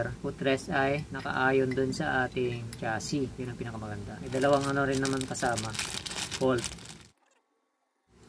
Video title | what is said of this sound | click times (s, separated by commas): UNBOXING ORIG NGRT PASSENGER FOOTREST - FIRST IMPRESSION REVIEW - KAMBYO MOTO | Ayan magiging ganyan siya. Wala lang click sound non parang wala siyang ball bearing. | none